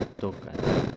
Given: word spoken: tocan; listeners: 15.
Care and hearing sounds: one Spanish word in noise, from a listening test; noise modulated by one talker; -7.1 dB; 0 of 15; 15 of 15; 0.57 s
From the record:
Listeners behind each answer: 15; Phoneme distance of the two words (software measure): 10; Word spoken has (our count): 2 syllables, 5 phonemes, stress on syllable 1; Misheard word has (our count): 2 syllables, 5 phonemes, stress on syllable 1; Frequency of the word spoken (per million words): 6.84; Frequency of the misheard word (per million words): 1.15

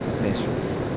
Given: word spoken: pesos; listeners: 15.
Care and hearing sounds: one Spanish word in noise, from a listening test; speech-shaped noise; -4.9 dB; 0 of 15; 14 of 15; 0.57 s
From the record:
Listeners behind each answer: 14, 1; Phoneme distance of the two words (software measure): 10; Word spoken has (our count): 2 syllables, 5 phonemes, stress on syllable 1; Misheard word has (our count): 2 syllables, 5 phonemes, stress on syllable 1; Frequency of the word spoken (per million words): 71.78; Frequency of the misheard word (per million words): 10.50

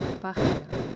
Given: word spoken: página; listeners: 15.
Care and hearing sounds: one Spanish word in noise, from a listening test; noise modulated by one talker; -10.2 dB; 2 of 15; 10 of 15; 0.56 s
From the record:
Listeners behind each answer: 10, 2, 1, 1, 1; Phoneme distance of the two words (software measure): 28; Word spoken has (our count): 3 syllables, 6 phonemes, stress on syllable 1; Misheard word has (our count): 3 syllables, 6 phonemes, stress on syllable 1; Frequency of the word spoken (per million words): 50.83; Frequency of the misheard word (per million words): 14.36

